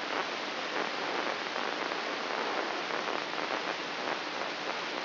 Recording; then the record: brain microelectrode recording played as sound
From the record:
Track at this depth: outside the subthalamic nucleus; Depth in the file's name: 7.26 mm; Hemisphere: left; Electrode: 3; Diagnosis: Parkinson's disease